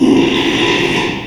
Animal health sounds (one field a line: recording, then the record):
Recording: squeal of a Yucatan mini pig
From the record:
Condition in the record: after surgery on the right vocal fold (resection and tissue-engineered implant)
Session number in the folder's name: 1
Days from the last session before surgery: 6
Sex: male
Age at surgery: 12 weeks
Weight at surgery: 13 kg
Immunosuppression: cyclosporine, prednisolone